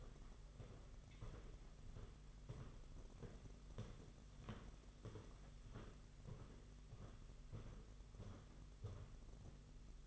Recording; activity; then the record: daily activity, microphone in the room; walk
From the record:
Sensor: 4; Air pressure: 992.4 hPa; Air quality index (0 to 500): 128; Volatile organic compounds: 42 ppm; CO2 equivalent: 3180 ppm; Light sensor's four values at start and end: 20/72/26/28 and 20/72/26/28